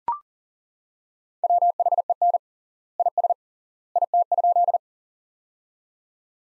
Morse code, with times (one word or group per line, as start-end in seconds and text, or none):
1.4-2.4 WHEN
3.0-3.3 IS
4.0-4.8 IT?